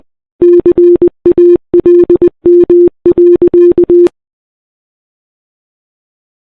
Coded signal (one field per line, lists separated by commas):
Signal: Morse code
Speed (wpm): 21 wpm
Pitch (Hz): 350 Hz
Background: none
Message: CALM.